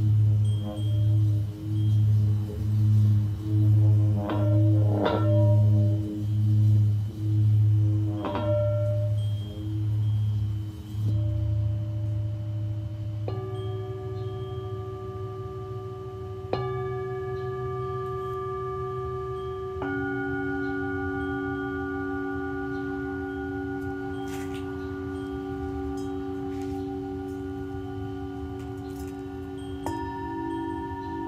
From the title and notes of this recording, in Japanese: 夜のシンギングボウルのサウンドヒーリング。チベタンシンギングボウルのサウンドヒーリングデス。